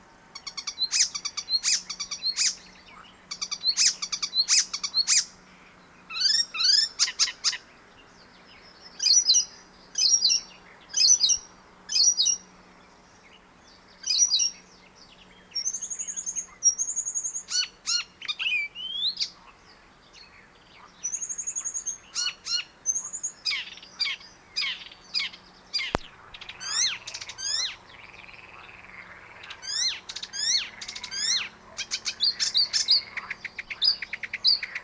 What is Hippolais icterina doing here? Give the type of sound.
song